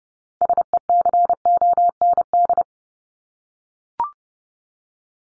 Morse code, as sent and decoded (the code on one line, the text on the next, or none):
... . -.-. --- -. -..
SECOND